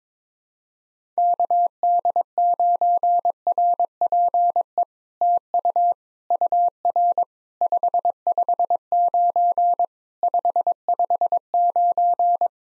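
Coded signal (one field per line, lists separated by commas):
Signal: Morse code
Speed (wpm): 22 wpm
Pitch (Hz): 700 Hz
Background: none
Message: KD9RPE TU UR 559 559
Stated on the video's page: POTA exchange practice at 22 wpm, each exchange sent in Morse, then spoken, then sent again.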